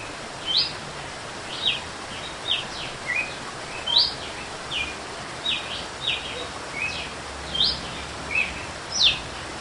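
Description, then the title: Red-cowled cardinal song: bright whistled notes, rising and falling, delivered in an even series over steady noise. Female; whip-like fluted song style. "Canto Galo Campina Fêmea 01. GALO de CAMPINA cantando açoite flauteado"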